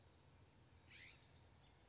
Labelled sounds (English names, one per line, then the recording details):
California Scrub-Jay
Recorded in Sonoma County, California